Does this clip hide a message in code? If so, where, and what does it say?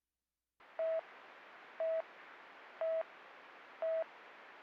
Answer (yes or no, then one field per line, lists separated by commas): no